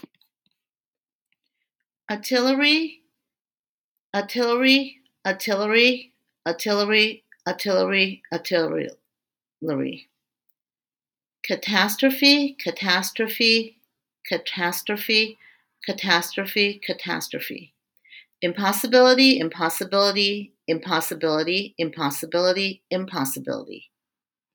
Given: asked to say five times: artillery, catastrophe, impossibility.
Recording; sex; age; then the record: three words, each repeated; female; 50 to 59 years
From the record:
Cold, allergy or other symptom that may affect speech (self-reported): no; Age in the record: 55 years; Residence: Colorado, United States